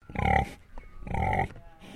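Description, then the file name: Landrace pig grunting twice, two deep rough grunts each about half a second long, followed by a softer trailing sound. Landrace pig giving a double grunt. "ANIMAL PIG LANDRACE ALICE"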